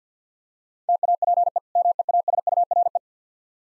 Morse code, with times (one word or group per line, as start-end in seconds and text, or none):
0.9-1.6 TAPE
1.8-3.0 MEASURE